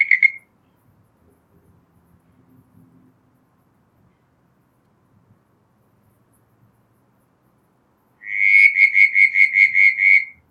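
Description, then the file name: Southern brown tree frog: a call ends at the start, quiet follows, then a bout of rapid, regularly pulsed creaking notes. "Litoria ewingii"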